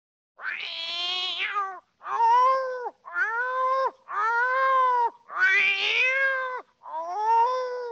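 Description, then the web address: Cat calling in six long, wailing meows, one after another with brief gaps. "кошки"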